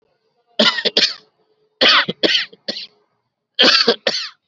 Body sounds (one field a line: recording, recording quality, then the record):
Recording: shallow voluntary cough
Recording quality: excellent, no background noise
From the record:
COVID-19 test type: RT-PCR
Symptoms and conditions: diabetes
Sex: male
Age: 49 years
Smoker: no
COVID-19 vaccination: both doses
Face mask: worn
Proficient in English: yes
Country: India